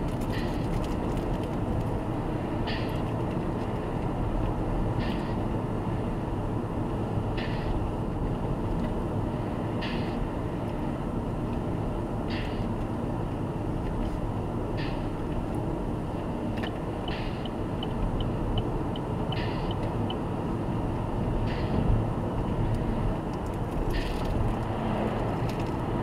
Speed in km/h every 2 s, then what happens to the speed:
67, 68, 67, 66, 65, 64, 65, 65, 67, 69, 71, 76, 76.
0-14 steady at about 65. 14-22 speeds up to 76.